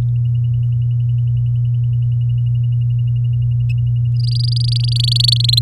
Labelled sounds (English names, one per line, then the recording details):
Domestic Canary song
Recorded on 8 May 2018 at 06:22
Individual llb16